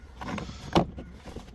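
Plastic retaining clips and tabs on a seatbelt trim piece inside a car interior are pushed out by hand during a seatbelt fix. Sharp, short clicks sound at about 0.4 and 0.8 seconds, the second one louder. The trim releases.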